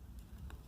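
During reassembly after an iPhone 6s LCD replacement, the battery flex connector is lined up and pressed onto its logic board socket over a low, steady rumble. A soft tick comes at 0.2 s, then a sharp, bright click at 0.5 s as the connector seats.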